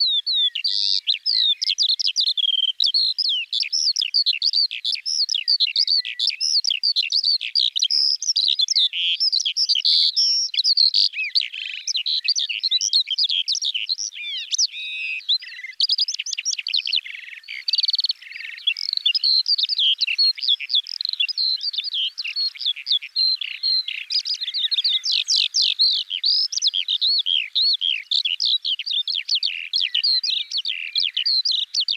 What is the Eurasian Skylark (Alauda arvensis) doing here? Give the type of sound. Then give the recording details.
song. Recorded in the wild. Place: Freiburg/Rieselfeld, Baden-Württemberg, DE. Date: 2004-06-06. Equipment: MiniDisc Sharp MT 20 H, Telinga DAT, Telinga-Parabolspiegel. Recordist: Schwarz, Dieter. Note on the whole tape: Song